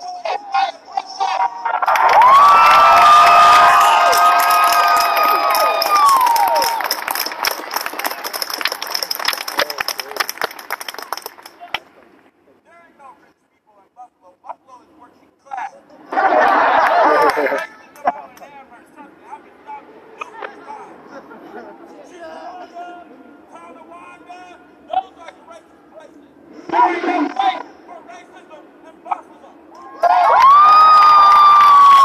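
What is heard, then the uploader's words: A protest crowd in Niagara Square, Buffalo. A loud burst of amplified speech with cheering voices fills the opening ten seconds, then quieter chatter and murmuring take over. Short bursts of voices rise around 16, 27 and 30 seconds. Niagara Square Protest in Downtown Buffalo.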